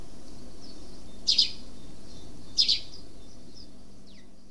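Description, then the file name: House sparrow giving two brief doubled chirps about a second apart, with faint softer calls between them and a low background hum. "Passer domesticus"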